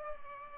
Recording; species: mosquito wingbeat signal from an infrared sensor; Culex pipiens